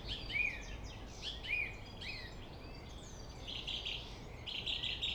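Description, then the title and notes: Song thrush repeating a short whistled phrase three times, then switching to harsher buzzy notes, with low city traffic noise throughout. Singing in Friedhof Columbiadamm (Neuer Garnisonsfriedhof) cemetery, Berlin; distant city traffic noise; recorded with Sony PCM D50. "Friedhof Columbiadamm, Berlin - Song thrush. Friedhof Columbiadamm (Neuer Garnisonsfriedhof), Song thrush (Singdrossel) singing, distant city. traffic noise (Sony PCM D50)"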